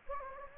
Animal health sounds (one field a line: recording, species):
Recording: mosquito wingbeat signal from an infrared sensor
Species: Anopheles gambiae